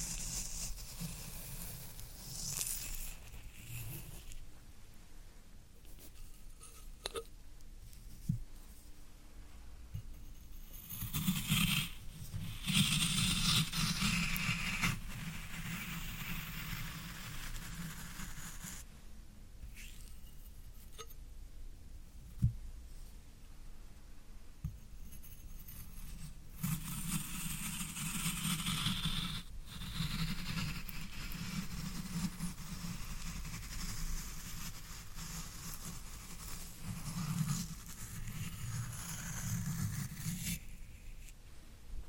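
Floral foam being pressed and crumbled, giving dense scratchy crunches in uneven bursts over a steady low rumble, with a sharp click near 22 seconds.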